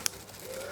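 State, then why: Seated. A spring-type headset cup removal tool, pushed into a bicycle head tube and pulled back up, snaps its metal spring fingers out behind the bearing cup with one sharp, bright click at 0.1 s. A faint, low, steady background follows, with a soft tone rising in the last part of the clip. The tool is caught behind the cup, ready for removal.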